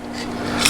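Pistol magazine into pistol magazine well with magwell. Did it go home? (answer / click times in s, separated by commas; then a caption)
no / none. A standard-base-plate Beretta M9-style magazine is pushed into the grip of a Beretta 92XI Sabbia pistol fitted with an added magwell, giving a rising rasping scrape and a single knock at about 0.7 s. The magazine butts up against the magwell because it lacks the base plate extensions needed to fit up into the gun, so it has not seated or locked in, and nothing has clicked.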